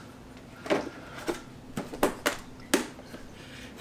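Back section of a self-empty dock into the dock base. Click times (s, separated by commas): 2.0 s, 2.3 s, 2.7 s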